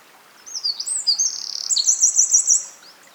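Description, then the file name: Eurasian wren singing a quick, high-pitched phrase of sliding twitters, a brief rattling trill and five bright repeated notes ending the strophe. "Troglodytes troglodytes"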